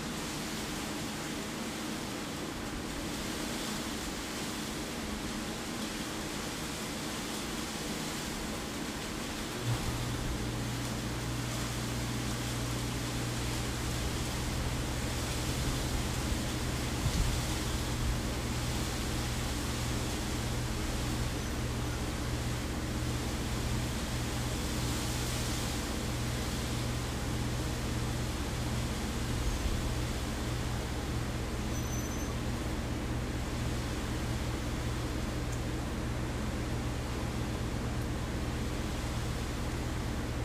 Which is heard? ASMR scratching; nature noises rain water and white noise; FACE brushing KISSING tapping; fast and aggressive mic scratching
nature noises rain water and white noise